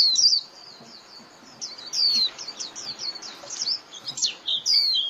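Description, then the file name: White-eye uttering a varied mix of quick high chirps and longer slurred, falling notes in loose clusters. Lure call (mồi) used for trapping white-eyes. "Tieng khuyen moi"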